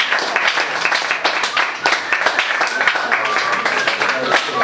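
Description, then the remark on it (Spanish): A crowd claps steadily and loudly, a dense wash of many hands that holds at an even level throughout, with a few voices mixed into the clapping. “Así que por favor, un fuertísimo aplauso para alguien que ha estado desde el principio,”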